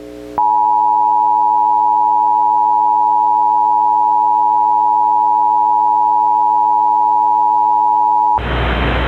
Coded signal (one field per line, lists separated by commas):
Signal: Emergency Alert System (SAME) tones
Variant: 853 and 960 Hz attention tone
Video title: EAS Short - Cabbage Patch Snacktime Kids